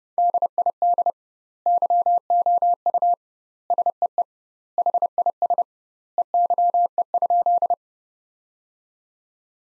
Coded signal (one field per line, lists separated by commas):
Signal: Morse code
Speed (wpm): 30 wpm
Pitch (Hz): 700 Hz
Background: none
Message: DID YOU SEE HIS EYE?